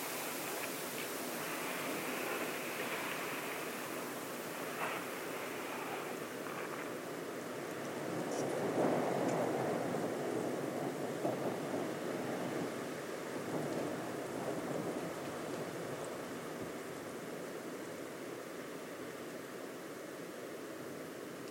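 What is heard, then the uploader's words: A steady outdoor wash of sound from the coastal dunes at Studland, dense and hissing like rain or rushing water. Around nine to ten seconds it swells slightly louder, and a few faint brief ticks and clicks appear early on. The hidden sounds of the coastal dunescape at Studland Nature Reserve, UK.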